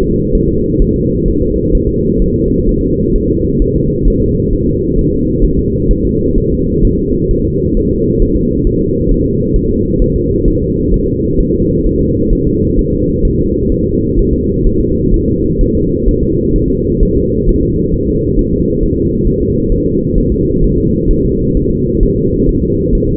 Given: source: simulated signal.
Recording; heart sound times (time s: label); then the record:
fetal heart sounds
0.03 s: S2
0.35 s: S1
0.49 s: S2
0.82 s: S1
0.96 s: S2
1.28 s: S1
1.42 s: S2
1.75 s: S1
1.89 s: S2
2.22 s: S1
2.36 s: S2
2.69 s: S1
2.83 s: S2
3.16 s: S1
3.30 s: S2
3.62 s: S1
3.76 s: S2
4.08 s: S1
4.22 s: S2
4.53 s: S1
4.67 s: S2
4.99 s: S1
5.13 s: S2
5.45 s: S1
5.59 s: S2
5.91 s: S1
6.05 s: S2
6.38 s: S1
6.52 s: S2
6.84 s: S1
6.99 s: S2
7.31 s: S1
7.45 s: S2
7.77 s: S1
7.91 s: S2
8.22 s: S1
8.36 s: S2
8.67 s: S1
8.81 s: S2
9.11 s: S1
9.26 s: S2
9.56 s: S1
9.70 s: S2
10.02 s: S1
10.16 s: S2
10.48 s: S1
10.62 s: S2
10.94 s: S1
11.08 s: S2
11.40 s: S1
11.54 s: S2
11.86 s: S1
12.01 s: S2
12.33 s: S1
12.47 s: S2
12.79 s: S1
12.93 s: S2
13.25 s: S1
13.39 s: S2
13.72 s: S1
13.86 s: S2
14.19 s: S1
14.33 s: S2
14.66 s: S1
14.81 s: S2
15.14 s: S1
15.28 s: S2
15.61 s: S1
15.75 s: S2
16.08 s: S1
16.23 s: S2
16.56 s: S1
16.70 s: S2
17.03 s: S1
17.17 s: S2
17.49 s: S1
17.63 s: S2
17.94 s: S1
18.08 s: S2
18.39 s: S1
18.53 s: S2
18.83 s: S1
18.97 s: S2
19.27 s: S1
19.42 s: S2
19.72 s: S1
19.86 s: S2
20.18 s: S1
20.32 s: S2
20.64 s: S1
20.78 s: S2
21.11 s: S1
21.25 s: S2
21.57 s: S1
21.71 s: S2
22.03 s: S1
22.17 s: S2
22.49 s: S1
22.63 s: S2
22.95 s: S1
23.09 s: S2
From the record:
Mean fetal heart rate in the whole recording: 130 bpm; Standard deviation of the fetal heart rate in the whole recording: 4 bpm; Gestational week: 38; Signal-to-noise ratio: -14.7 dB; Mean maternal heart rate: 72 bpm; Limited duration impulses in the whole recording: present